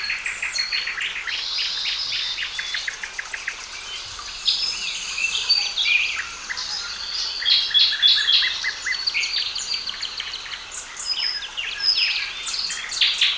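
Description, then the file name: Several birds sing together, mixing rapid trilled chirps, high piercing whistles and squeaky notes that keep up a steady, lively chatter. "Calm Singing Birds Zone"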